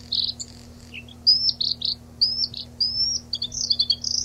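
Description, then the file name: Bluethroat singing varied high chirps and thin drawn-out whistles mixed with quick twitters, in an energetic phrase. "Lsvecica"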